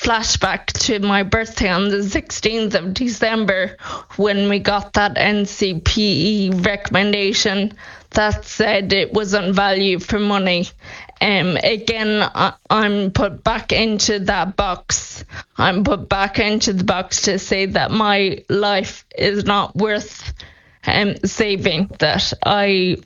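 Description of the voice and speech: A 28-year-old woman with Friedreich's ataxia, diagnosed at age 12, speaks slowly and deliberately. Vowels at phrase ends are stretched, pauses are frequent, pitch is fairly flat and the voice turns creaky at times. These are features of a mild ataxic dysarthria; her speech is deteriorating as the disease progresses.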